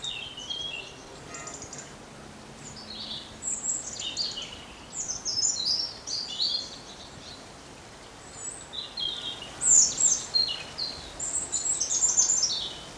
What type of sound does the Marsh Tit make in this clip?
song